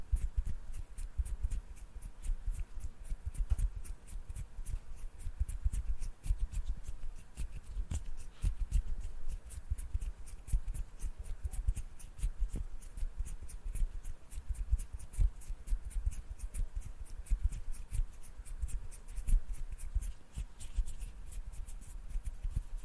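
Hands rub and scratch busily, making a dense run of quick, dry clicks and scrapes that barely pause across the whole stretch. The texture stays fairly even, with a low rumble underneath and frequent sharp ticks, like fingers brushing and tapping a surface.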